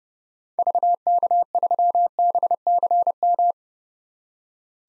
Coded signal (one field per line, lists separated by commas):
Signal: Morse code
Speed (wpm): 30 wpm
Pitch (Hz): 700 Hz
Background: none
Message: VK3BCM